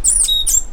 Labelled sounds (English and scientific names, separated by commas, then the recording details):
Stitchbird (Notiomystis cincta) song
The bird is a male
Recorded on Tiritiri Matangi Island, New Zealand, in 2005
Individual 2, of nest box 2